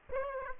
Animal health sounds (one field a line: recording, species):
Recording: mosquito wingbeat signal from an infrared sensor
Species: Aedes aegypti